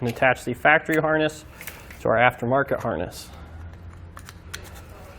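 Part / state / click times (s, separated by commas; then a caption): factory wiring connector into aftermarket harness connector / not seated / none. Someone talks, then a factory plastic wiring connector is handled against the aftermarket harness connector of a Curt 5th wheel/gooseneck wiring harness being installed on a 2017 Ford F-350 Super Duty. A few faint sharp taps sound near the end of the clip, around 4.2 to 4.5 seconds. The connector has not clicked or locked into place yet.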